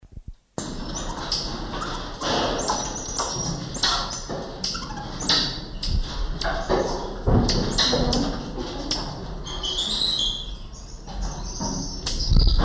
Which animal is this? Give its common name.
Common Marmoset